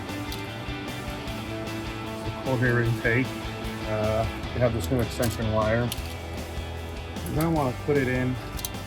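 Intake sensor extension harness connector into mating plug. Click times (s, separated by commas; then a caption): 8.6 s. A plastic sensor extension wire connector from an S&B cold air intake kit with an oiled cleanable cotton filter, being fitted to a 2019-2026 6.2L Sierra 1500, is pushed into its mating plug while someone talks over background music. A sharp click at 8.7 s confirms the connector has seated.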